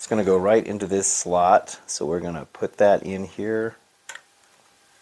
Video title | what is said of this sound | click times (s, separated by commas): Part 18 Building The Fanhome R2-D2 Stages 67, 68, 69, 70 | just drops right in and there's a little tab that clicks right in there that's really very nice | 4.1 s